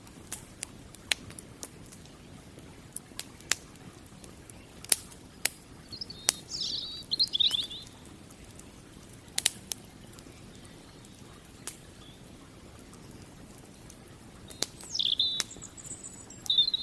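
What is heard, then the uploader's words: A campfire crackles with sharp, irregular pops scattered throughout, a few louder snaps near five and nine and a half seconds. Beneath it runs a steady low rush of the river. Brief high chirping calls appear around six to eight seconds and again near fifteen. Campfire by the River - Relaxing Fireplace & Nature Sounds - Robin Birdsong.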